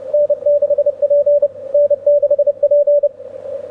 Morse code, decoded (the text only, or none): N6P N6P